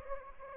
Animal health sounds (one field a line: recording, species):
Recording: mosquito wingbeat signal from an infrared sensor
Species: Aedes aegypti